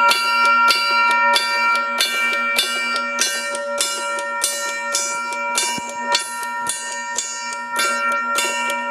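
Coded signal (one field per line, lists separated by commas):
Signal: coded fire alarm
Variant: fire telegraph gong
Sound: rapid repeated strikes on a large ringing gong, roughly three per second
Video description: This gong would register the numbered code as an auditory signal in the fire houses.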